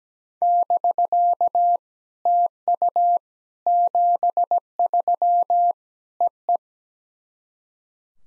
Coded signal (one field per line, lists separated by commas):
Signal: Morse code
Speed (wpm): 17 wpm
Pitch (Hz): 700 Hz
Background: none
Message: <BK> TU 73 EE